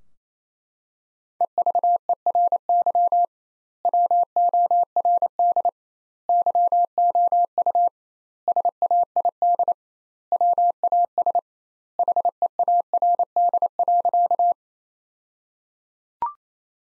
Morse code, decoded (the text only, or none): EVERY WORD YOU SAID WAS HEARD.